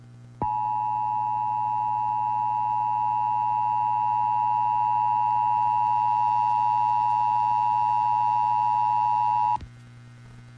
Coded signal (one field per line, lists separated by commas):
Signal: Emergency Alert System (SAME) tones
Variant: 853 and 960 Hz attention tone